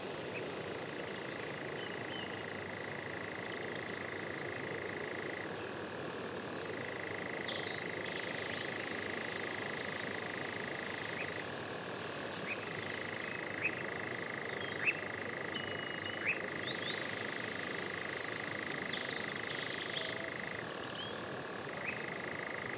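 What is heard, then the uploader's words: Birds call in short bright chirps scattered through the recording, over a steady rushing wash. A thin continuous high tone runs throughout, dropping out briefly around 6, 12 and 21 seconds. A few sharp clicks stand out near the middle. The Old Railway Path - Chris Watson. Composer and sound recordist Chris Watson follows the overgrown railway path between Aldeburgh and Saxmundham. Recording an array of elemental, animal and bird sounds.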